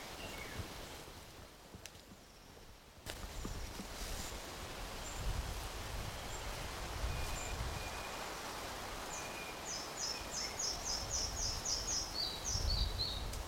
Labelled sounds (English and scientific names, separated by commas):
Red-breasted Flycatcher (Ficedula parva)